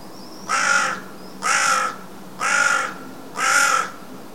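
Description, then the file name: Carrion crow giving four loud, rasping caws at a steady one-per-second pace, with a faint thin high whistle just before the first two. "Corvus corone"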